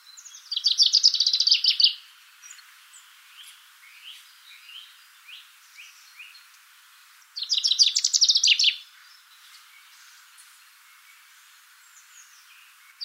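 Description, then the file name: Common chaffinch song, two rattling descending phrases separated by a long quiet gap with faint soft chirps of other birds. "Fringilla coelebs"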